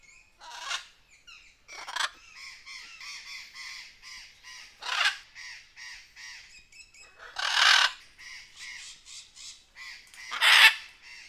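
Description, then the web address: Birds calling in a noisy chorus of rapid harsh chatter, broken by loud grating squawks every few seconds. Jungle setting. "best service Blue Box birds birds jungle"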